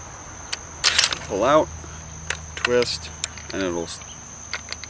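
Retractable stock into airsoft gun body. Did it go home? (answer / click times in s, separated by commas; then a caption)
yes / 4.5 s, 4.7 s, 4.8 s. The retractable stock of an A&K M249 Para airsoft gun is pulled out and twisted while someone talks, with short sharp handling sounds early on. It locks into place in the gun body with clicks at 4.5, 4.7 and 4.8 seconds.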